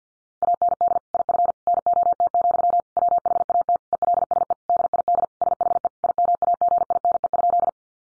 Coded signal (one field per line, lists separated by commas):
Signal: Morse code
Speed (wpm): 50 wpm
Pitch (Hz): 700 Hz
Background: none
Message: AND IF NOT, WHAT ELSE DID SHE IMAGINE?